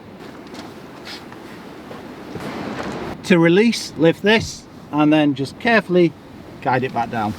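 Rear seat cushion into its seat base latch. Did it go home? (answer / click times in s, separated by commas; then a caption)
no / none. A flipped-up rear seat cushion on a 2022 Honda HR-V e:HEV is released by lifting its release and then guided back down toward its seat base latch, while someone talks over a steady background rush. A brief knock is heard at 1.3 s. Nothing has seated or clicked yet; the cushion is not yet locked home.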